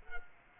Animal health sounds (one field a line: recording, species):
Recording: mosquito wingbeat signal from an infrared sensor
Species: Culex quinquefasciatus